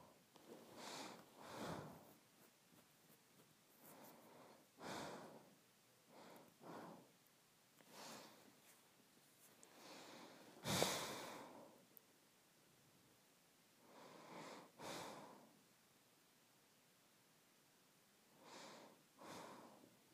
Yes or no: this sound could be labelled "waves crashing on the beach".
no